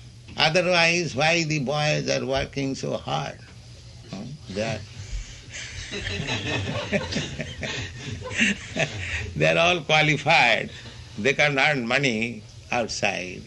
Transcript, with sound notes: Otherwise, why the boys are working so hard? They are... [laughter] [laughs] They're all qualified. They can earn money outside.